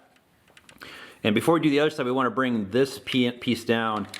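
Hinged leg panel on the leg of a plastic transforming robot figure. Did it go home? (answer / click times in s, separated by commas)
yes / 0.6 s, 0.7 s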